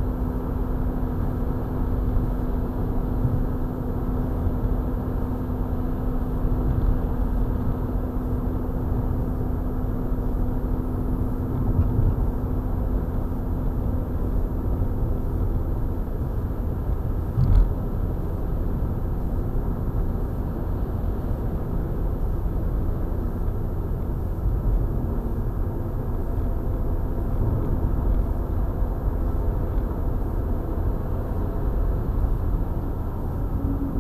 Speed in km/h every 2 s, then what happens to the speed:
98, 97, 97, 97, 97, 97, 98, 97, 97, 97, 98, 98, 97, 97, 98, 98, 99.
0-34 steady at about 97.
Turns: none.